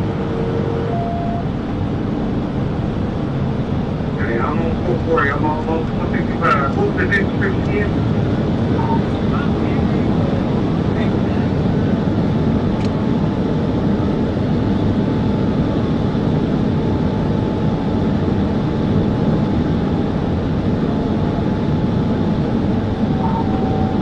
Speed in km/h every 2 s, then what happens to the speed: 175, 182, 188, 196, 201, 206, 206, 206, 204, 204, 204, 204.
0-9 speeds up to 206. 9-24 steady at about 204.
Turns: none.